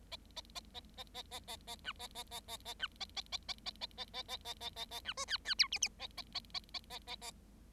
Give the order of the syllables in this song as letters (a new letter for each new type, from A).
A A A A A A A A A B A A A A A B A A A A A A A A A A A A A B C D D E F F A A A A A A A A